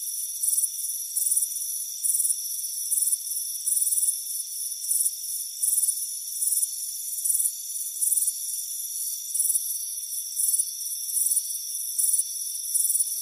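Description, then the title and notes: Crickets chirp in a long run of bright, high pulse bursts, set against a constant high-pitched ringing hum. Warm afternoon on a front porch; crickets presented as soothing relaxation and sleep sound. "Soothing Crickets Chirping Sound. It's a warm afternoon as you relax in a hammock on the front porch. Relax and fall asleep to the soothing sound of chirping crickets. Deep Sleep Sounds"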